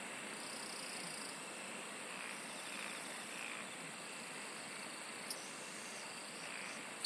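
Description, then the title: Quiet insect song: a steady high whine, with a rhythmic pulsed trill in the middle seconds and a couple of sharp clicks late on. "SINGING OF INSECTS"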